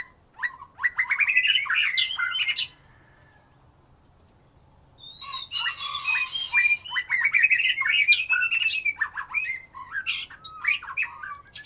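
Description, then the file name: White-rumped shama song: a dense, chattering, varied phrase, a pause of about two seconds, then a long fast stream of mixed whistles and rattling notes. "murai batu"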